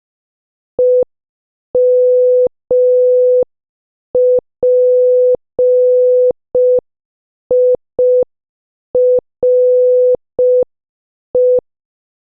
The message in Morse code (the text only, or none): EMPIRE